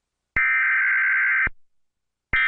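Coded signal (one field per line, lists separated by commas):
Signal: Emergency Alert System (SAME) tones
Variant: header bursts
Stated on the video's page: Homemade EAS alarm made in the My Talking Tom 2 game.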